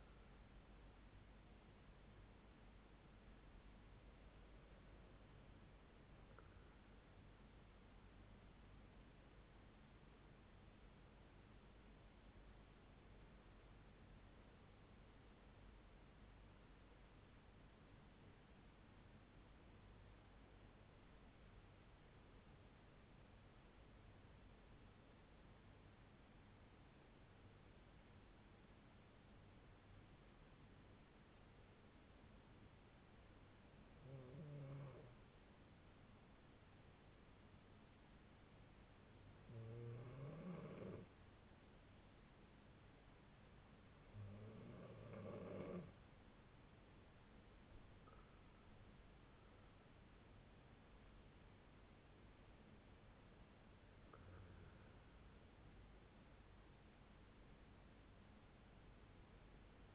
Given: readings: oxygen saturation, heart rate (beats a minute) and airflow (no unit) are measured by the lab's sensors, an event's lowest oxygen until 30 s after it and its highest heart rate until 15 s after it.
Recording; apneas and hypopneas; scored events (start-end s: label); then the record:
breathing in sleep by a voice recorder at the bedside; 1
7.00-37.00 s: new sleep stage, N2 (light sleep)
9.00-44.00 s: hypopnea (N2, oxygen 96% highest, then 92% lowest)
37.00-59.95 s: new sleep stage, N1 (lightest sleep)
From the record:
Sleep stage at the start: N1 (lightest sleep); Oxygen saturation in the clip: 91 to 96%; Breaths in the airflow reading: 9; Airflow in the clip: -7.4 to 8.2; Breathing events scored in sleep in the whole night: 368 in 8.0 hours asleep